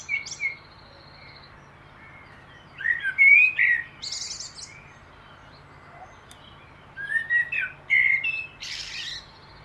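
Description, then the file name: Common blackbird song: spaced phrases, each a short fluty warble capped by a harsh, hissing high twitter, with quiet gaps between. "Turdus merula"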